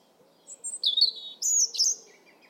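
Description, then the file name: European robin giving a brief high, sweet warbled phrase of thin whistles and a quick descending flourish. "Erithacus rubecula"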